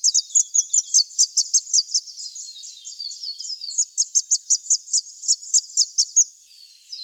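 Scarlet honeyeater song, a long stream of high, bright tinkling notes with brief slurred twitters between rapid pulses.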